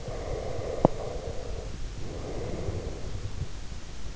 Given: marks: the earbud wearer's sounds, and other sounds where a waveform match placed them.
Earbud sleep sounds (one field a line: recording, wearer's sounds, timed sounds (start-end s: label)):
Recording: sounds in sleep by an in-ear microphone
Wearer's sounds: breath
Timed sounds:
0.06-3.57 s: breath